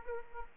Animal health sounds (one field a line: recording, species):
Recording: mosquito wingbeat signal from an infrared sensor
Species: Aedes aegypti